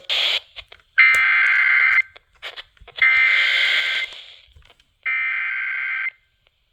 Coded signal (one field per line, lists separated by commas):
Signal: Emergency Alert System (SAME) tones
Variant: header bursts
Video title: Welcome Home and KDKA's EMNet Obsession... (EAS Alerts from 8/1-3/22) (EAS # 1213-1240)